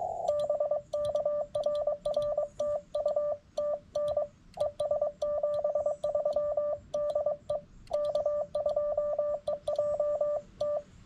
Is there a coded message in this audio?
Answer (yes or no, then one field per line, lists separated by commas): yes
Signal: Morse code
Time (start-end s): 0.3-10.8 s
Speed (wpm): 22 wpm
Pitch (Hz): 1180 Hz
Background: none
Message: BK RR TU TN ES 73 DE K2EJT